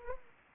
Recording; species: mosquito wingbeat signal from an infrared sensor; Aedes aegypti